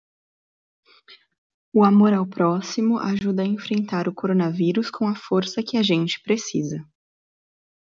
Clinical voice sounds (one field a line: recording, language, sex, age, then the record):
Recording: spoken sentence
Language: Brazilian Portuguese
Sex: female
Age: 20 to 29 years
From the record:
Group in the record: control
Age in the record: 25 years